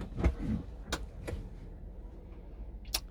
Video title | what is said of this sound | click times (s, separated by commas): Seven metre Mercedes motorhome tour. Frankia Neo MT7 BD | you heard it click out let's | 3.0 s